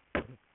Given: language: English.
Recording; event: throat vibration sensor signal played as sound; cough